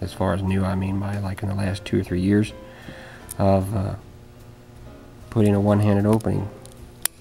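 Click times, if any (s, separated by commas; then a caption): 7.1 s. Someone talks while opening the one-handed blade of a steel Victorinox Trekker German military model pocket knife. The blade locks open into the liner lock in the handle with a sharp click at 7.1 s, because the knife has a lock.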